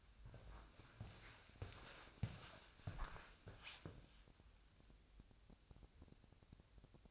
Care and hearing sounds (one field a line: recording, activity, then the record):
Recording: daily activity, microphone in the room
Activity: walk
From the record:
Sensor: 2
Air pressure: 1000.3 hPa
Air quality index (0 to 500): 159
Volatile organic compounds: 3 ppm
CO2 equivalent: 1333 ppm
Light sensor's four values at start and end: 12/34/13/15 and 13/34/13/15